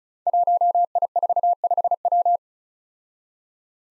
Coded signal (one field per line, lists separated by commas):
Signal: Morse code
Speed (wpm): 36 wpm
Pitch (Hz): 700 Hz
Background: none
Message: 1I45W